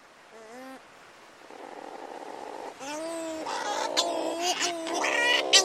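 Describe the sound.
Bird calls: nasal, wavering harmonic notes, first faint and isolated, then louder and overlapping, with harsh squawks and rapid chatter toward the end.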